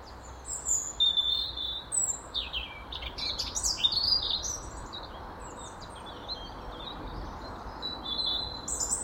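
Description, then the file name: European robin sings a rapid run of high, squeaky and trilled notes early on, then thinner, quieter whistles fading out toward the end. "Erithacus rubecula"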